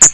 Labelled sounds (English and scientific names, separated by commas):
Hooded Warbler (Setophaga citrina) flight call